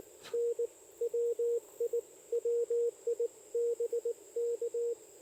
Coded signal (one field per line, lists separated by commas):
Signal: Morse code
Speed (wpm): 20 wpm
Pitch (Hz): 500 Hz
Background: radio noise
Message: N WI WI BK